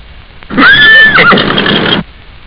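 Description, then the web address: Horse whinny, a loud shrill neigh about one and a half seconds long, with a high held tone that wavers and breaks into a shuddering end. "da capo vol 1 animals horse"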